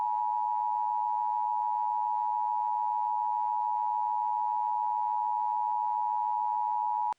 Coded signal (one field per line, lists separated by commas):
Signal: Emergency Alert System (SAME) tones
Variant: 853 and 960 Hz attention tone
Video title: California Nightmare (A EAS mini Scenario)